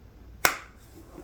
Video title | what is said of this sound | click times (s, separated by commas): Types of Storage Containers for "Kitting Up" | That didn't latch all the way. | 0.5 s